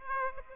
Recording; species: mosquito wingbeat signal from an infrared sensor; Aedes aegypti